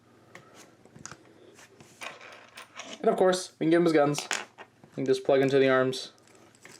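Toy plastic guns are handled and lined up to plug into peg holes in the arms of a Transformers Legacy Armada Universe Sideways action figure while someone talks. Small sharp plastic clicks and taps are heard near the start and again at the end. Nothing has seated or clicked into place yet.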